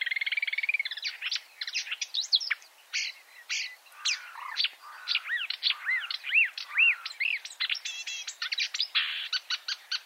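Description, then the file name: Marsh warbler song: a lively, varied jumble of warbled, looping whistles, harsh chips and quick trills. "suara-kicauan-burung-marsh-warbler -omkicau"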